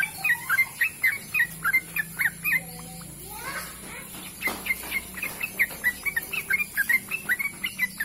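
Bird song: rapid high chirps, a brief lull, then the chirping series starts again and carries on.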